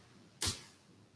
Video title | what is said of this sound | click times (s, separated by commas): Ted Harrison Polar Bear pt2 | so you take your hand and you want to listen for the snap | 0.4 s